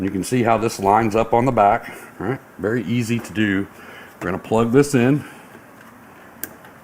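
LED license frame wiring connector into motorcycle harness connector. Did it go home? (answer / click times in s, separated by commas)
yes / 6.4 s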